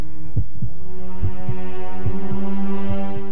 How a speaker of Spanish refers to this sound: Sentía cómo el corazón luchaba por escapar de mi pecho.